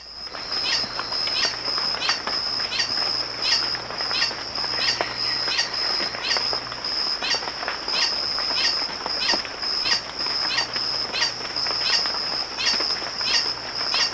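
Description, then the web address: Green hermit giving a monotonous series of squeaky notes, about ninety a minute, against a constant shrill insect-like background hum. Recorded in Ecuador. "Birds of Ecuador Green Hermit"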